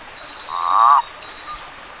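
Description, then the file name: Hose's toad giving a single drawn-out, tonal croak of about half a second that ends abruptly, over a steady high background tone. "Rentapia hosii"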